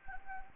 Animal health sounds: mosquito wingbeat signal from an infrared sensor; Anopheles gambiae

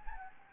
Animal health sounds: mosquito wingbeat signal from an infrared sensor; Anopheles gambiae

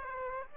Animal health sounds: mosquito wingbeat signal from an infrared sensor; Aedes aegypti

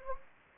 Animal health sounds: mosquito wingbeat signal from an infrared sensor; Anopheles gambiae

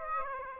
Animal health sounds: mosquito wingbeat signal from an infrared sensor; Aedes aegypti

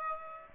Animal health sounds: mosquito wingbeat signal from an infrared sensor; Aedes aegypti

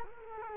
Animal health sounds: mosquito wingbeat signal from an infrared sensor; Culex quinquefasciatus

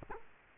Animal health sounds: mosquito wingbeat signal from an infrared sensor; Culex quinquefasciatus

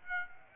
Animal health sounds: mosquito wingbeat signal from an infrared sensor; Aedes aegypti

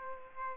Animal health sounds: mosquito wingbeat signal from an infrared sensor; Aedes aegypti

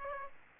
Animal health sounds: mosquito wingbeat signal from an infrared sensor; Aedes aegypti

